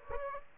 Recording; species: mosquito wingbeat signal from an infrared sensor; Aedes aegypti